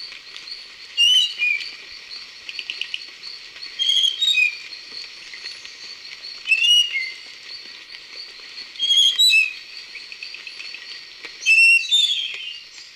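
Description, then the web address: Spotted Nightingale-Thrush song: clear fluty phrases of two or three whistled notes, each dropping in pitch, repeated every few seconds, with a faint steady buzz behind. Recorded in Ecuador. "S America Birds of Ecuador. Spotted Nightingale-Thrush"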